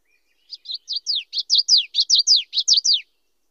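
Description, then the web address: Common yellowthroat song: high, descending slurred notes delivered rapidly in repeated rolling phrases, swelling in volume over about two and a half seconds. Western North America. "Know Your Bird Sounds Common Western Species. Common Yellowthroat"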